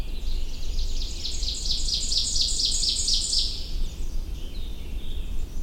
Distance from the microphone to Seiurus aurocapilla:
about 10 m